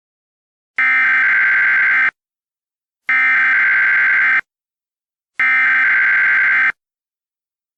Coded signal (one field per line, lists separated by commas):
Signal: Emergency Alert System (SAME) tones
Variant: header bursts